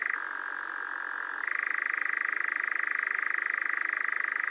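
Nightjar churring, a steady rapid mechanical trill that runs lower for the first second and a half, then steps up in pitch and continues unbroken.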